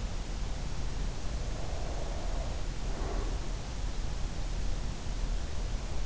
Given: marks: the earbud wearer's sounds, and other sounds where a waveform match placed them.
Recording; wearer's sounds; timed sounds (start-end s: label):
sounds in sleep by an in-ear microphone; breath
1.60-4.02 s: breath